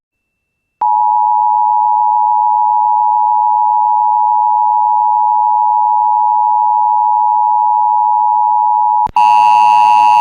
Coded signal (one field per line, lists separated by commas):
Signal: Emergency Alert System (SAME) tones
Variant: 853 and 960 Hz attention tone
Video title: Central MS Alerts: EAS Alerts From 3/25/24 (EAS #2278-2286)